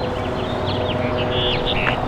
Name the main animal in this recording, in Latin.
Haemorhous mexicanus